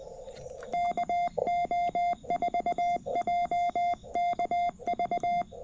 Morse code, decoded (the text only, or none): KO4JKV